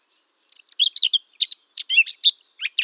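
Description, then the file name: Eurasian blackcap warbling song: a fast, varied run of high chattering and whistled notes, jumping between pitches, with a brief pause midway. "sylvia atricapilla"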